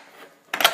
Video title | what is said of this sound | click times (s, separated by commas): DIY: How to repair a damaged hard drive | pop that right off there | 0.5 s, 0.7 s